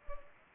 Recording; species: mosquito wingbeat signal from an infrared sensor; Culex pipiens